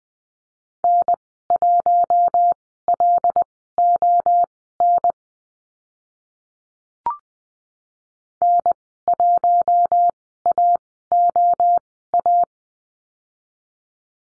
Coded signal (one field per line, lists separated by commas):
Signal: Morse code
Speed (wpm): 20 wpm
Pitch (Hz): 700 Hz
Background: none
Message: N1LON N1AOA